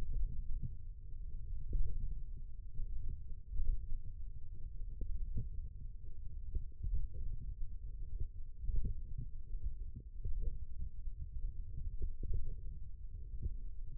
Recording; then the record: forearm muscle sounds (acoustic myography)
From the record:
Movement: radial deviation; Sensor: system 1, eight BSWA MPA416 microphones around the upper forearm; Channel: 2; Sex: male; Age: 20 years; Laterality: left